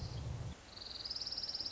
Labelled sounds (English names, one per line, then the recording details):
Orange-crowned Warbler
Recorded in Sonoma County, California